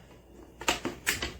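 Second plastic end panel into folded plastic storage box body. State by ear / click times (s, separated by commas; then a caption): seated / 0.7 s, 1.1 s. The second plastic end panel is pressed onto the body of a folded black plastic MELDEVO stackable shoe storage box. After a quiet start, it gives a sharp snap at 0.7 s and another at 1.1 s, each followed by smaller clatters. The panel seats, and both sides are clicked in.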